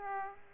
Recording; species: mosquito wingbeat signal from an infrared sensor; Aedes aegypti